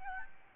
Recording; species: mosquito wingbeat signal from an infrared sensor; Aedes albopictus